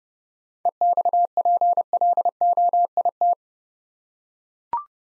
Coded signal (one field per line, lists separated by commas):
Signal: Morse code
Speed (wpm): 28 wpm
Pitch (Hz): 700 Hz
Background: none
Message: EXPLOIT